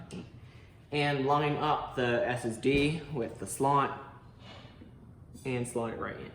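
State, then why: Not seated. An M.2 SSD is lined up with the motherboard M.2 slot and slotted in while someone talks over faint handling noise, including a soft tap at 0.1 s. The clip ends just before the drive goes home, so nothing has seated or clicked yet.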